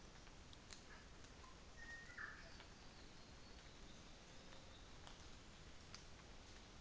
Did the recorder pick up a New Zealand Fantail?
no